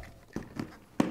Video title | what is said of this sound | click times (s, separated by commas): Adventure Touring Helmet Shootout - Motorcycle Superstore | you hear it pop in. | 1.0 s